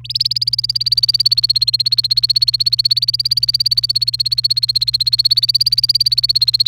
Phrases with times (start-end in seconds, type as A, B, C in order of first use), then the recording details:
0.04-6.67 A. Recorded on 28 April 2018 at 11:20. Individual llb3